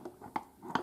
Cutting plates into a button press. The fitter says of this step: so the cutting plates just kind of snap into place the top and the bottom